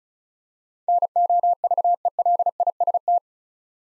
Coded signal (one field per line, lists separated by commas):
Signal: Morse code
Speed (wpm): 34 wpm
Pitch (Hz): 700 Hz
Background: none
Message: NOVELIST